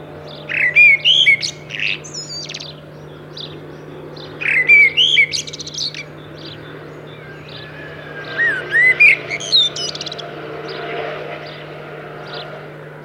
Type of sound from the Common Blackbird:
song